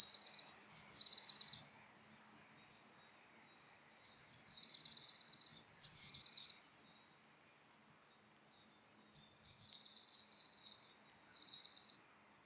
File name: Cyanistes caeruleus